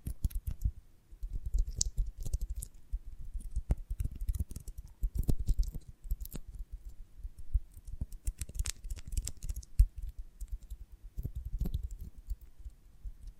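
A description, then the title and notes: ASMR sounds of a honeycomb on a branch: a dense, uneven run of soft taps, clicks and crackles that continues for the whole stretch. Most of the sound sits low and thumpy, with sharper bright ticks cutting through every second or so. ASMR of a Honeycomb on Branch (No Talking).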